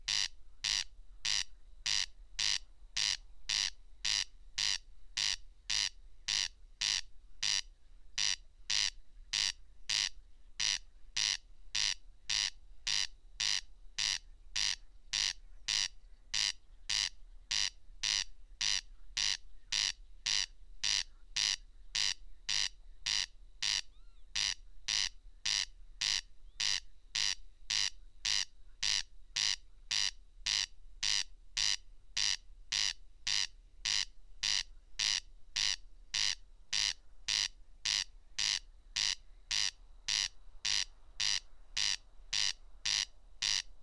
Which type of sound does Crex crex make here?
song